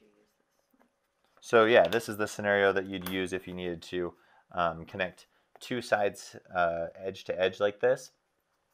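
Two EVA foam armor pieces with magnets set into their edges are handled and brought toward each other edge to edge while someone talks. The clip ends before the magnet-backed edges snap together, so nothing has seated or clicked yet.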